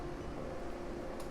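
The zoom ring on a laser handpiece is handled on its way to the 9 mm spot-size setting, over a steady broadband hiss with a faint low tonal hum and a brief high-pitched burst near 1.2 s. Nothing has clicked into the detent or seated yet.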